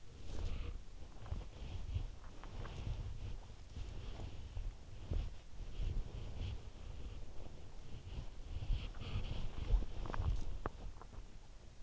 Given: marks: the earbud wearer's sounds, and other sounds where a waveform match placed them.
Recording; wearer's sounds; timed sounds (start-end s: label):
sounds in sleep by an in-ear microphone; body movement
0.00-11.83 s: body movement